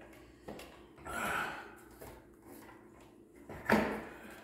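A repaired window blind headrail is pushed up into its mounting brackets, with soft bumps and a rustling scrape early on. A sharp, loud snap at 3.7 s marks the headrail seating into the bracket.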